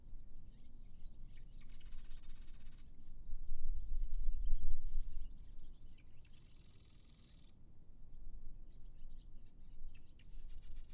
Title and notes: Terns with fish. Courtesy of The Macauley Library at the Cornell Lab of Ornithology, Ithaca, New York.